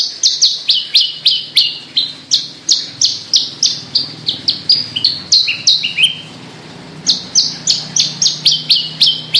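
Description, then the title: Javan bush lark giving quick repeated high chirps, about three a second, with a short pause late; a faint low hum underneath. Individual bird named Petir, described as gacor, meaning singing vigorously. "Branjangan Gacor Petir 1"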